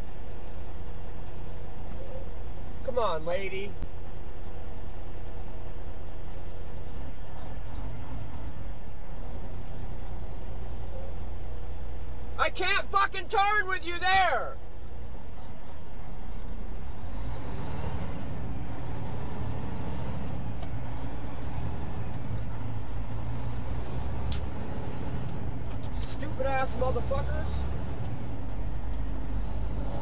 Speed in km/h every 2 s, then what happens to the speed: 0, 0, 0, 0, 0, 0, 0, 0, 8, 13, 13, 21, 24, 31, 35.
0-14 standing. 14-30 pulls away to 35.